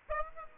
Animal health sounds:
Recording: mosquito wingbeat signal from an infrared sensor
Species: Aedes aegypti

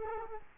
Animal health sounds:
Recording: mosquito wingbeat signal from an infrared sensor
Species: Culex quinquefasciatus

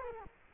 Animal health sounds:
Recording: mosquito wingbeat signal from an infrared sensor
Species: Culex quinquefasciatus

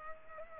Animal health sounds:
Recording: mosquito wingbeat signal from an infrared sensor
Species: Culex pipiens

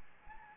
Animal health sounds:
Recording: mosquito wingbeat signal from an infrared sensor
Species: Anopheles gambiae

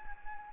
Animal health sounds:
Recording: mosquito wingbeat signal from an infrared sensor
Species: Anopheles gambiae

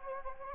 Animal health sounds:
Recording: mosquito wingbeat signal from an infrared sensor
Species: Anopheles gambiae

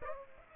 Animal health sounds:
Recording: mosquito wingbeat signal from an infrared sensor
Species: Aedes aegypti

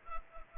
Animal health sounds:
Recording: mosquito wingbeat signal from an infrared sensor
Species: Culex pipiens

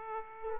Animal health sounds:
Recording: mosquito wingbeat signal from an infrared sensor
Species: Aedes aegypti

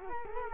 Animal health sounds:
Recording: mosquito wingbeat signal from an infrared sensor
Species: Culex quinquefasciatus

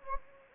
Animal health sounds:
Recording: mosquito wingbeat signal from an infrared sensor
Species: Anopheles gambiae

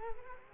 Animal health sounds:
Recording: mosquito wingbeat signal from an infrared sensor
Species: Culex quinquefasciatus

